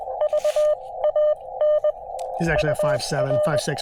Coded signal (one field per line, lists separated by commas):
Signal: Morse code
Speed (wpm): 23 wpm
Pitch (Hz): 600 Hz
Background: speech, radio noise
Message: VAN UR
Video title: SOTA/POTA at Sugar Hill State Forest